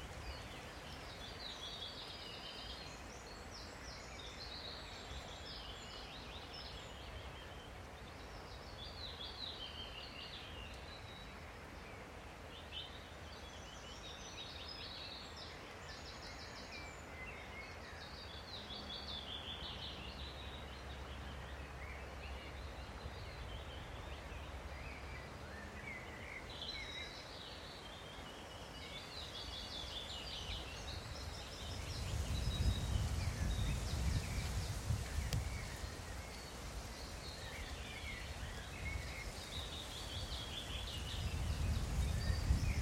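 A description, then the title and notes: Dawn chorus on an island, with many birds singing in a dense, continuous tangle of bright calls. A low steady hum runs underneath, and around 32 to 36 seconds and again near the end, deep rumbling gusts swell up and fade. Dawn Chorus - Skarvøy. An inhabited island north of Bergen called Skarvøy. This night, I dropped my Sony PCM M10 with my trusty LOM Uzi´s in a tree, facing the fjord and nearby islands. There is a strong current audible during the whole recording.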